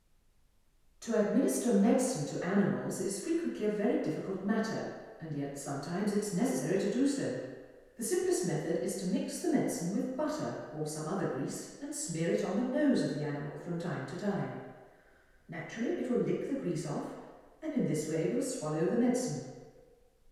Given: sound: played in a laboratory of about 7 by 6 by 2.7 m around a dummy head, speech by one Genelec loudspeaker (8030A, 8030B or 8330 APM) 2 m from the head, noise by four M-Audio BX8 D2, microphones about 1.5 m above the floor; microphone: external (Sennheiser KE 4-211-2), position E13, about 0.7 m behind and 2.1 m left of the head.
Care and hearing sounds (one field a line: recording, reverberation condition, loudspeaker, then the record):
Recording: female speech in English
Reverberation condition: high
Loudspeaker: in front (0 degrees)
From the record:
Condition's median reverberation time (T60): about 1300 ms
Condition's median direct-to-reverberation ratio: about -4.0 dB